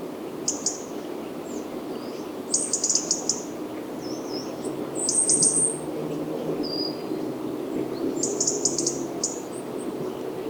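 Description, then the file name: European robin: short, very high-pitched thin notes in several brief clusters over a soft, steady background hiss. "Erithacus rubecula"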